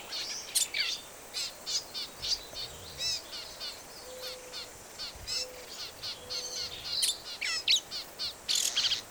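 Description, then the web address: Black-capped vireo chattering continuously in dense, varied high phrases, buzzy and squeaky, fairly soft against steady background hiss. "birds vireos"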